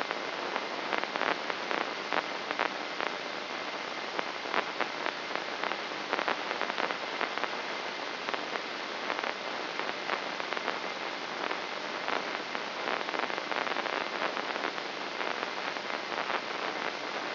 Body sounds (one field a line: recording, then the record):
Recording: brain microelectrode recording played as sound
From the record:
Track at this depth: outside the subthalamic nucleus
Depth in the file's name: 2.337 mm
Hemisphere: left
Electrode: 3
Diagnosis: Parkinson's disease